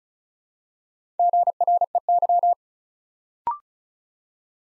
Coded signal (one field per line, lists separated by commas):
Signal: Morse code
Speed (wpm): 36 wpm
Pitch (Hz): 700 Hz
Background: none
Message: GREY